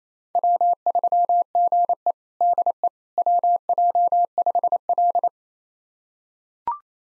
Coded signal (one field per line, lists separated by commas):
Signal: Morse code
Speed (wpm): 28 wpm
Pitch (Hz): 700 Hz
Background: none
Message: W3GE DE WJ5L